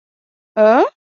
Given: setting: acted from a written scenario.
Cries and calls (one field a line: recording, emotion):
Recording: vocal sound without words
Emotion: confusion